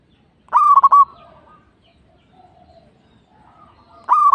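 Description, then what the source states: Zebra dove song: a stuttered coo of three or four quick beats, silence with faint soft notes, then another phrase begins. Local (lokal) bird.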